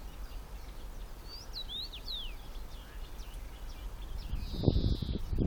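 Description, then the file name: Common rosefinch calls: a few short, curving whistled notes around the middle, over steady low rumble of wind and background noise, with a brief hiss near the end. "karmingimpel"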